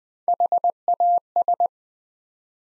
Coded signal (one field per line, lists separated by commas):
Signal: Morse code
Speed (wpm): 20 wpm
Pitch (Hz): 700 Hz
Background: none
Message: HAS